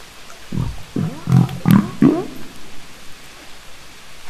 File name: Humpback whale wheezeblow etc 20 Sep 01